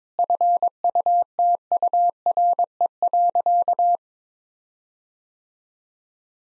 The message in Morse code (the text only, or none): FUTURE.